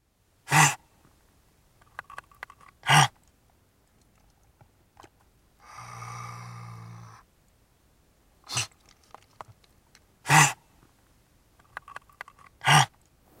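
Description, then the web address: River otter snorts: sharp, explosive breathy bursts every few seconds, with one longer, low, buzzy grunt in the middle and faint soft clicks between. "Wildlife Sounds. River Otter"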